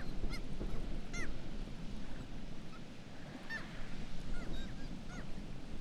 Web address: sound Black-legged-kittiwake. صدای-پرنده-کاکایی-پاسیاه